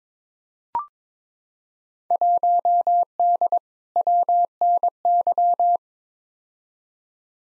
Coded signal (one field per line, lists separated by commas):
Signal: Morse code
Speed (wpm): 22 wpm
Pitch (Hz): 700 Hz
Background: none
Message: 1D WNY